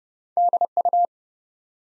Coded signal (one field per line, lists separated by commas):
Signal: Morse code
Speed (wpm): 29 wpm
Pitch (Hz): 700 Hz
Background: none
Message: DU